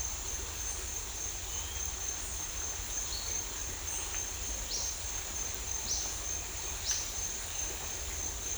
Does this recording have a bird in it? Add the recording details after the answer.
yes. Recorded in dense forest near Puerto Asís, Putumayo, Colombia, on 20 December 2024 at 08:00. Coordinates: 0.467, -76.328. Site GP05